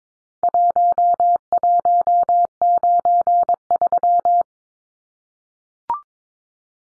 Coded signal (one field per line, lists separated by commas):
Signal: Morse code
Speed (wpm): 22 wpm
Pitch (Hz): 700 Hz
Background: none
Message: 1193